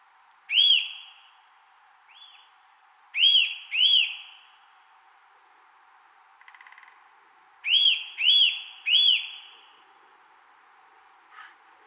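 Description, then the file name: Eurasian nuthatch calling with clear, ringing, arched whistles: a single note, a pair and a run of three, separated by pauses, with a faint buzzy note midway. "Sitta europaea"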